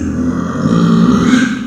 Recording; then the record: squeal of a Yucatan mini pig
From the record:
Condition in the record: after surgery on the right vocal fold (resection and tissue-engineered implant); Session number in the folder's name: 9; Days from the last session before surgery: 65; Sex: female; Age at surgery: 19 weeks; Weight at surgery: 25 kg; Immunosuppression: prednisolone